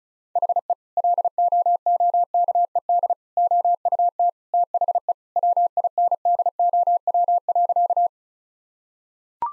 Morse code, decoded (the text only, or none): HE LOOKED OUT THE WINDOW.